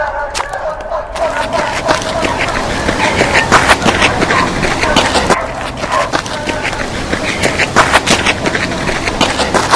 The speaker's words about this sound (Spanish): Una verdadera jauría de perros amenazantes y otros, no tanto, corría en dirección al joven, olfateando, tal vez, la carne.